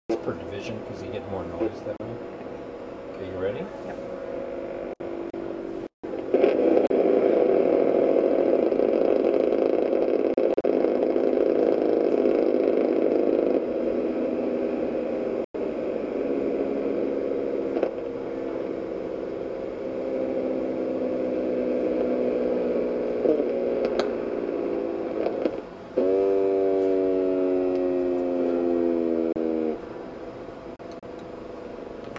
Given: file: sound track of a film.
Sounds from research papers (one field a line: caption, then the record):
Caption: Electromyography performed on eMD horse 6 showing classic waxing and waning repetitive discharges. The EMG criteria for the 6 resulting eMD horses 1–6 included myotonic potentials (high amplitude (up to 1mV), long duration (>500ms) discharges, audible as dive bombers, that ceased abruptly before initiating a new spontaneous discharge in EMG tracings).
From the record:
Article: Aberrant skeletal muscle morphogenesis and myofiber differentiation characterize equine myotonic dystrophy